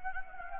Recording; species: mosquito wingbeat signal from an infrared sensor; Anopheles gambiae